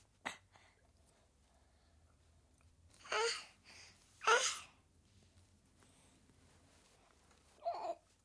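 About four short, sharp coughs from a 7-month-old baby girl over eight seconds, spaced irregularly with quiet pauses between them; the last sounds softer and more voiced. This is a plain cough in an infant who is feeling unwell.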